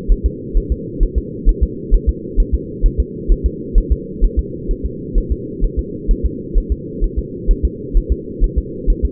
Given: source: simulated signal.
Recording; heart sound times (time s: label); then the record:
fetal heart sounds
0.12 s: S1
0.26 s: S2
0.57 s: S1
0.72 s: S2
1.03 s: S1
1.18 s: S2
1.49 s: S1
1.63 s: S2
1.94 s: S1
2.09 s: S2
2.40 s: S1
2.54 s: S2
2.86 s: S1
3.00 s: S2
3.32 s: S1
3.46 s: S2
3.78 s: S1
3.92 s: S2
4.24 s: S1
4.39 s: S2
4.71 s: S1
4.85 s: S2
5.18 s: S1
5.32 s: S2
5.64 s: S1
5.79 s: S2
6.11 s: S1
6.25 s: S2
6.58 s: S1
6.72 s: S2
7.04 s: S1
7.19 s: S2
7.51 s: S1
7.65 s: S2
7.97 s: S1
8.12 s: S2
8.44 s: S1
8.58 s: S2
8.90 s: S1
9.05 s: S2
From the record:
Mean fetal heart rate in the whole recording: 130 bpm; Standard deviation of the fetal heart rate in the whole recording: 2 bpm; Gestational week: 38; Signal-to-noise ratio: -4.1 dB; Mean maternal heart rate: no maternal heart sound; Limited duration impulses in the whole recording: absent